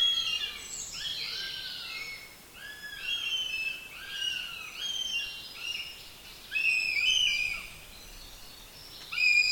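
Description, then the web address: Bird calls, a quick run of curved, buzzy, harmonic-rich notes that overlap at first, then space out, over a light background hiss. "madarak admin enek"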